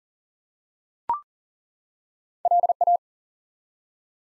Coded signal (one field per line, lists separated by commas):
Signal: Morse code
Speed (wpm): 38 wpm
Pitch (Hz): 700 Hz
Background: none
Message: LA